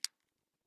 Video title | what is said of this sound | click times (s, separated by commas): 24년도 겨울학기 우주정규A반 3번째수업 | 딱소리가 나게 끼워 주시면 돼요 | 0.0 s